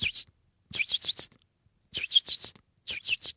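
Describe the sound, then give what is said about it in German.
Juvenile blackbirds that cannot yet fly, scattered around a garden, give location calls: quick bursts of three or four high, breathy, hissing chirps repeated in clusters with short silent gaps between, fairly loud and without any talking. “Das heißt, die Jungamseln äußern permanent sogenannte Standortrufe.”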